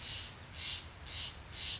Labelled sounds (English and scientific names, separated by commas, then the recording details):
Steller's Jay (Cyanocitta stelleri)
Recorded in Sonoma County, California